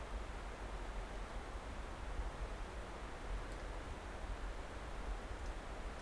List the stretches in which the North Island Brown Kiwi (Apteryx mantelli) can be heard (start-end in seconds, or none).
none